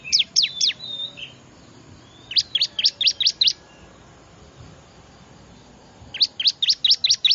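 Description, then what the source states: Bar-winged prinia calling in three bursts of bright, high-pitched chips, several notes each, with quiet spells between. Noisy small-bird lure sound, said to be most effective for attracting wild birds; ciblek.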